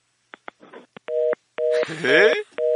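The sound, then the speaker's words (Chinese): A few sharp clicks as a phone line drops, then a steady, mid-pitched busy tone beeping in repeated on-off bursts, with a brief voice sounding over one of the tones. “是不是电话没钱了，突然断掉？”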